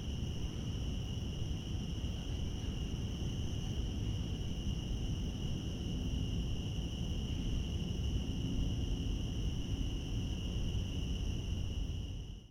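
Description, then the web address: Long, even cicada drone at a fixed high pitch, fading out at the very end, with a low rumble throughout. Recorded in Central Park. "lynne-publishing Central Park cicadas"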